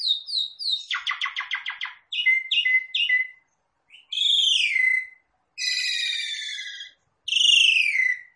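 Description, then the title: Javan pied starling calls: a few short notes, a fast stuttering rattle, short clipped notes, then three long harsh rasping screeches separated by pauses. Lure call used to draw a response from Javan pied starlings. "Pancingan Jalak Suren Langsung Bunyi"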